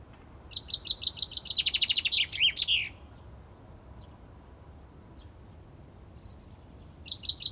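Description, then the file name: Common chaffinch song phrase of rapid repeated notes sliding lower into a terminal flourish, followed by silence and the opening notes of the next phrase. "Fringilla coelebs"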